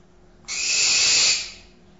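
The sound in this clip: Barn owl screech: a single long harsh hissing shriek lasting about a second, broad and noisy, fading out at the end.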